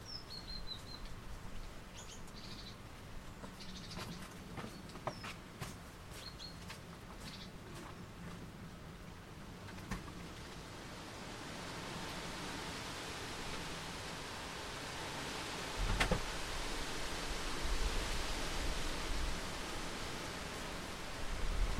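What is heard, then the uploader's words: Wind rustles through trees, starting soft under a low, muffled murmur with scattered clicks and a few faint bird chirps. After about ten seconds the rustling swells into a steady, louder hiss, with a sharp gust or knock near sixteen seconds. Wind in the Orchard. It's the evening and we’ve come out to sit on the bench in the Orchard. The wind is rustling through the trees and we can hear the muted sounds from the farmhouse nearby; people milling about in the kitchen, getting dinner ready, tidying up from the day.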